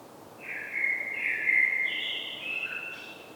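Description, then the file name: Common blackbird singing a smooth, flute-like phrase that climbs in steps, then ends with a short, lower note and a faint high twitter. "Turdus merula"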